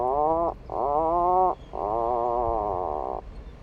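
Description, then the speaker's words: Atlantic puffin giving three drawn-out, low, creaking groans with rich harmonics, lasting from about half a second to a second and a half, like a creaky door, with short pauses between. Heard on a tiny remote island off the coast of Maine in summer; call likened to a creaky door. "Believe it or not, you're actually listening to an Atlantic puffin, a small seabird with an iconic bright orange beak, once hunted to extinction in New England."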